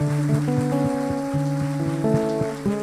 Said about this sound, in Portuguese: Muito obrigado, gente. Mas muito obrigado por quem tem vindo nos ajudar. Eu queria que você desse um aplauso para esse povo maravilhoso aí.